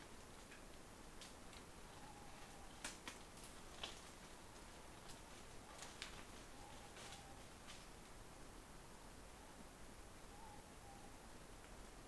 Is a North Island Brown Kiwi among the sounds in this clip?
no